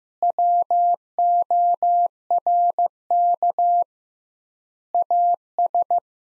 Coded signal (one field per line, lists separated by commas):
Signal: Morse code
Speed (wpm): 15 wpm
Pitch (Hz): 700 Hz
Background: none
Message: WORK AS